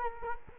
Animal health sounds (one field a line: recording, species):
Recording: mosquito wingbeat signal from an infrared sensor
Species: Culex quinquefasciatus